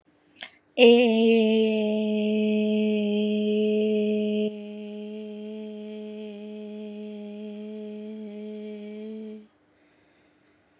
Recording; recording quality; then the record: sustained vowel as in made; excellent, no background noise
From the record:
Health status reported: COVID-19 positive, mild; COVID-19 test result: positive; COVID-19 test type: RT-PCR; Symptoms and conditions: fatigue, muscle pain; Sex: female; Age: 28 years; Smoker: no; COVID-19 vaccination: both doses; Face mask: not worn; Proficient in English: yes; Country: India